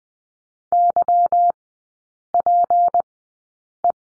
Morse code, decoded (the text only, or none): YPE